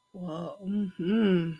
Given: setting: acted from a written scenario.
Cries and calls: vocal sound without words; pride

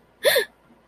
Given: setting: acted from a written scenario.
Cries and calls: vocal sound without words; fear

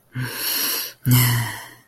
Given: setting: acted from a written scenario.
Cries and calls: vocal sound without words; guilt

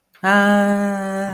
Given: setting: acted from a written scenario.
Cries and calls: vocal sound without words; amusement

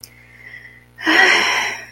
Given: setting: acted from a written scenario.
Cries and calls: vocal sound without words; serenity

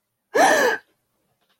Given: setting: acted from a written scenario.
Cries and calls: vocal sound without words; fear

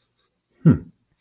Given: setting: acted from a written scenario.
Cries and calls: vocal sound without words; pride

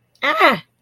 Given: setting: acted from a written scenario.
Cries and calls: vocal sound without words; negative surprise

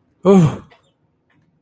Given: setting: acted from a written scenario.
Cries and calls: vocal sound without words; negative surprise

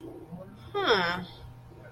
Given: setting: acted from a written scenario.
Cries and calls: vocal sound without words; interest

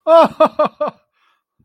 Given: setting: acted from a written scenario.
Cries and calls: vocal sound without words; positive surprise

